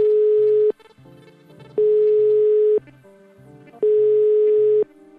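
telephone ringing tone

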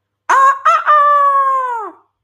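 rooster crowing

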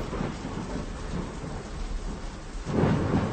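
thunder and heavy rain

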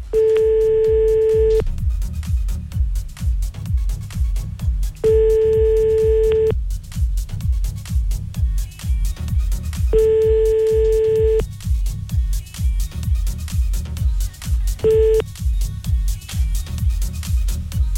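telephone call tone

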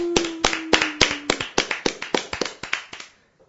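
applause

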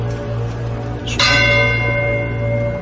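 church bells ringing

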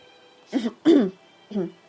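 dry cough

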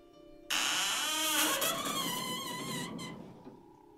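door hinge creaking open

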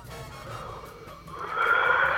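a yawn

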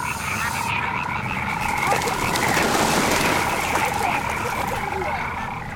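frogs croaking

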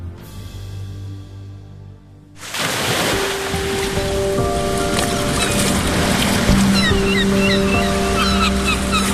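ocean waves

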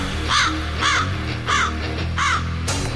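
birds calling

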